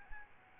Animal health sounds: mosquito wingbeat signal from an infrared sensor; Aedes albopictus

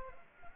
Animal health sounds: mosquito wingbeat signal from an infrared sensor; Anopheles arabiensis

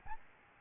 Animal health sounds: mosquito wingbeat signal from an infrared sensor; Aedes albopictus

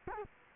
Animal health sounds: mosquito wingbeat signal from an infrared sensor; Culex quinquefasciatus

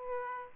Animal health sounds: mosquito wingbeat signal from an infrared sensor; Aedes aegypti

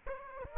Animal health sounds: mosquito wingbeat signal from an infrared sensor; Aedes aegypti

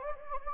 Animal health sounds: mosquito wingbeat signal from an infrared sensor; Anopheles gambiae

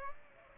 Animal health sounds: mosquito wingbeat signal from an infrared sensor; Aedes aegypti

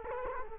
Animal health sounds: mosquito wingbeat signal from an infrared sensor; Culex quinquefasciatus

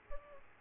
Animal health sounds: mosquito wingbeat signal from an infrared sensor; Aedes aegypti

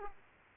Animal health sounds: mosquito wingbeat signal from an infrared sensor; Aedes aegypti

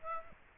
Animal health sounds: mosquito wingbeat signal from an infrared sensor; Aedes aegypti

